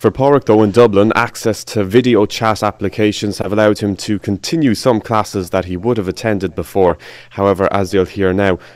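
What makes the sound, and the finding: Adult male reporter. Normal speech.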